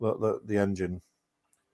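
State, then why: Seated. Someone talks for about the first second, then after a pause a single soft click at 1.5 seconds as a one-piece moulded plastic engine cell pops into place in a scale model engine assembly, seating it.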